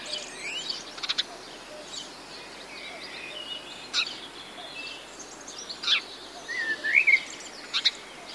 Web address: sonido del canto de los pajaros en un bosquecillo durante la estacion calida